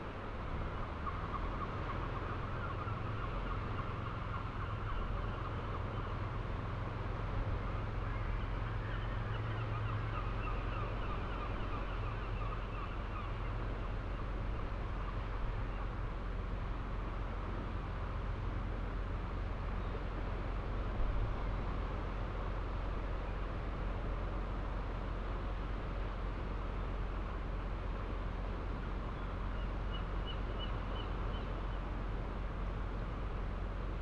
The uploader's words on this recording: Fishing village harbour at night. From here, steep up a winding path above the harbour, the ocean waves crash onto the ancient seawalls of St Abbs on the east coast of Scotland, in full spatial detail. Swirling currents of bouncing swell, softened by less than a hundred yards, into a rich textured white noise emulsion.